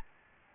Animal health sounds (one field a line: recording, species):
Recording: mosquito wingbeat signal from an infrared sensor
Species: Aedes albopictus